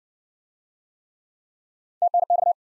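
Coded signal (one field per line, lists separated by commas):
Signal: Morse code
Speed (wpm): 54 wpm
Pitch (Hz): 700 Hz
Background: none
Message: TNX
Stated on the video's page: Morse practice in Speed-Racing format: starts fast and slows incrementally to a base speed, fastest being 1.5 times slowest; final repeat sent once at maximum speed.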